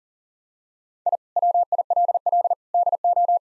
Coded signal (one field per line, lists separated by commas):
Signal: Morse code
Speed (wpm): 40 wpm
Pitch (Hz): 700 Hz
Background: none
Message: I WILL DO